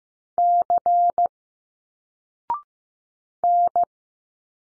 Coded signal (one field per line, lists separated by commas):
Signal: Morse code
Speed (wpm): 15 wpm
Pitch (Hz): 700 Hz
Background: none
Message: C N